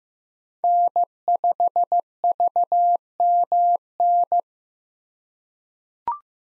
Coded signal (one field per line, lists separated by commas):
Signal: Morse code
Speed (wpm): 15 wpm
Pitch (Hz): 700 Hz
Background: none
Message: N5VMN